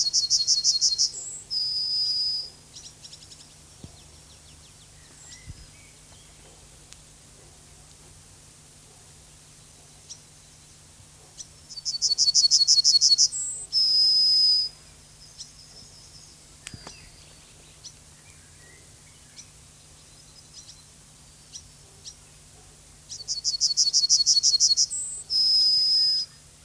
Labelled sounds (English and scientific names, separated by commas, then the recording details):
Yellowhammer (Emberiza citrinella) song
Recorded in the wild
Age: adult
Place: Lübars (Fließtal), Berlin, DE
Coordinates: 52.6167, 13.35
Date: 2003-07-13 14:17
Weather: bedeckt, 21°C
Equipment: Fair Mate ST-1328 (Asahi Electronics, Japan), Sennheiser ME 80, Kopie Uher 4000 Report Monitor
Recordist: Tembrock, Günter
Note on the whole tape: Nur am Anfang der Aufnahme Ortswechsel durch den Beobachter